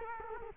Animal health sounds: mosquito wingbeat signal from an infrared sensor; Culex quinquefasciatus

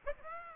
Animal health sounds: mosquito wingbeat signal from an infrared sensor; Aedes aegypti

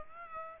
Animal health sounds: mosquito wingbeat signal from an infrared sensor; Aedes aegypti

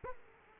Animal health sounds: mosquito wingbeat signal from an infrared sensor; Aedes aegypti

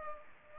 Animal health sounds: mosquito wingbeat signal from an infrared sensor; Culex pipiens

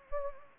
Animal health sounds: mosquito wingbeat signal from an infrared sensor; Anopheles gambiae

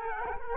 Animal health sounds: mosquito wingbeat signal from an infrared sensor; Culex quinquefasciatus

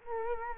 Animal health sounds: mosquito wingbeat signal from an infrared sensor; Culex quinquefasciatus

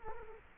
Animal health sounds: mosquito wingbeat signal from an infrared sensor; Culex quinquefasciatus

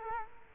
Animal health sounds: mosquito wingbeat signal from an infrared sensor; Culex quinquefasciatus

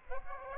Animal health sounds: mosquito wingbeat signal from an infrared sensor; Aedes aegypti

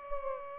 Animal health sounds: mosquito wingbeat signal from an infrared sensor; Aedes aegypti

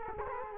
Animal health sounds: mosquito wingbeat signal from an infrared sensor; Culex quinquefasciatus

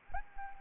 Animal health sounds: mosquito wingbeat signal from an infrared sensor; Anopheles arabiensis

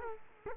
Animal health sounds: mosquito wingbeat signal from an infrared sensor; Culex quinquefasciatus

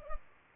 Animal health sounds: mosquito wingbeat signal from an infrared sensor; Culex pipiens

